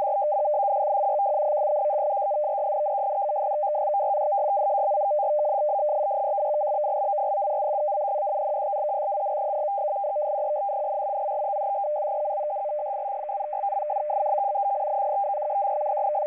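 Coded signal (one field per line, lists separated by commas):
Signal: numbers station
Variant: F03i FSK data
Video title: F03i Data Mode 12/10/2023 1830 UTC 7798kHz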